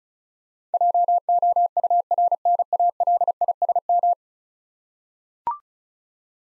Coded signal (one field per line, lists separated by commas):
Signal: Morse code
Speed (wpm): 36 wpm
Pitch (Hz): 700 Hz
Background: none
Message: JOURNALISM